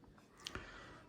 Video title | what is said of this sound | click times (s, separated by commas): Dietz Vesta Gaz lambası hakkında | koyduktan Sonra şöyle bir tık sesini duyunca kilitleniyor | 0.5 s